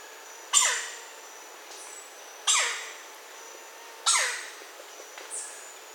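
Red-necked Woodpecker calling with three harsh, scratchy notes that drop in pitch, about two seconds apart, plus two fainter notes between and after them.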